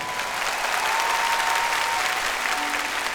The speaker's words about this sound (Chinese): 嚟啊，真嘅呢件事，嚟快啲拍，大啲拍手，等我聽到你哋。